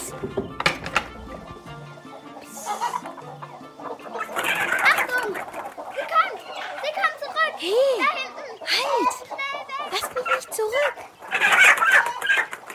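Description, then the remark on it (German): Chickens cluck in a henhouse in bursts of short, choppy calls with a few higher rising-and-falling squawks, while voices talk intermittently over the busy, fairly loud flock. “Na nun, wer ist denn da bei meinen Hühnern?”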